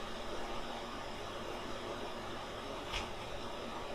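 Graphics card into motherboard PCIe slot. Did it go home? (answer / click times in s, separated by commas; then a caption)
no / none. A graphics card is being fed into a motherboard PCIe slot, with the slot's small lock already opened, and lined up before being pushed home. Only a steady broadband hiss is heard, with a faint brief burst near 3.0 s. The card has not clicked or seated yet.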